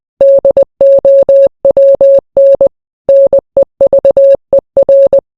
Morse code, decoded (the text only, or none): DOWN NEVER